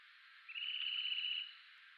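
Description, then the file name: Eurasian nuthatch delivering a single fast, level trill lasting about a second, its tightly packed notes clear above a soft background hiss. "Sitta europaea"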